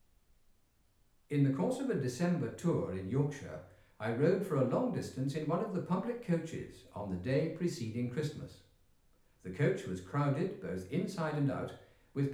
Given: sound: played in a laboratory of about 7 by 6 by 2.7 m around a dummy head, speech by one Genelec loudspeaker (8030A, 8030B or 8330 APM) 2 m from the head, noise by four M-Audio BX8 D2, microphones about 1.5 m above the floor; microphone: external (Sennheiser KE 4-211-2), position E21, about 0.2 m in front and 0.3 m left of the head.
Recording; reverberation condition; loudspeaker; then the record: male speech in English; medium; behind (180 degrees)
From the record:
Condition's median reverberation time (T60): about 510 ms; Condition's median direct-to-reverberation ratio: about -0.5 dB